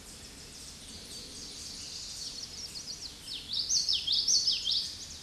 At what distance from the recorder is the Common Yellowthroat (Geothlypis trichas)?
about 10 m